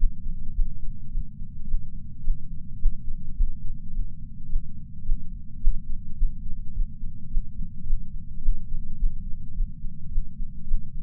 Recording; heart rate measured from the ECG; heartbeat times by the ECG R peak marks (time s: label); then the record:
heart sounds by patch sensor on the chest; 107 bpm
0.53 s: heartbeat
1.10 s: heartbeat
1.66 s: heartbeat
2.22 s: heartbeat
2.78 s: heartbeat
3.35 s: heartbeat
3.92 s: heartbeat
4.47 s: heartbeat
5.03 s: heartbeat
5.59 s: heartbeat
6.16 s: heartbeat
6.73 s: heartbeat
7.29 s: heartbeat
7.85 s: heartbeat
8.41 s: heartbeat
8.97 s: heartbeat
9.54 s: heartbeat
10.10 s: heartbeat
10.66 s: heartbeat
From the record:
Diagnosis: coronary artery disease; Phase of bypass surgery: postoperative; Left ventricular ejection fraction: 54.7%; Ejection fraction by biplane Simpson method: 51.3%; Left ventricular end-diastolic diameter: 46 mm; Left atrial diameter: 45 mm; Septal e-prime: 5.3 cm/s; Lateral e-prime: 7.1 cm/s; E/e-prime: 10.6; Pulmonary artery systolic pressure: 26 mmHg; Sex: male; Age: 58 years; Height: 182 cm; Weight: 89 kg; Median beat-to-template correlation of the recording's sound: 0.72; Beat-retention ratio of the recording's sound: 0.99